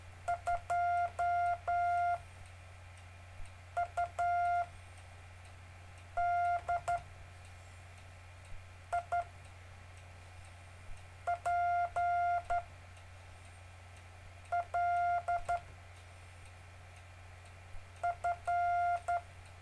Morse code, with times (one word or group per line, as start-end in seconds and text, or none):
0.3-2.2 2
3.8-4.6 U
6.2-7.0 D
8.9-9.2 I
11.3-12.6 P
14.5-15.6 L
18.0-19.2 F